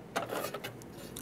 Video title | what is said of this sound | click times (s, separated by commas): BitFenix Phenom M Micro ATX Build - Newegg TV | one moment it's getting more and more crowded in here but ha did you hear that click I got it | 1.2 s